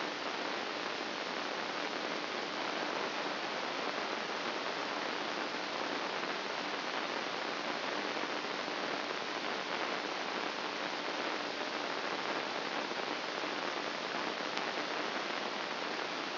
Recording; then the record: brain microelectrode recording played as sound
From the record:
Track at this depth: inside the subthalamic nucleus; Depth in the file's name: 8.137 mm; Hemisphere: left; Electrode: 2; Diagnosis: Parkinson's disease